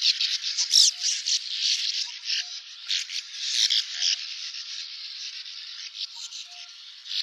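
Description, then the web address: Sand martin chorus of dry, rasping, buzzy twitters, many overlapping calls in quick irregular bursts, with a faint low tone appearing now and then. "syoudoutubame"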